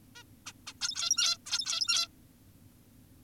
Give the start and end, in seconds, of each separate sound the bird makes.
0.16-0.23, 0.46-0.52, 0.67-0.73, 0.82-1.38, 1.46-2.08